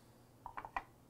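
A wafer cassette is set down onto a kinematic coupling base without careful alignment, and a few short knocks sound as it drops and self-locates. The loudest knock, at 0.8 s, marks the cassette snapping into place, fully seated.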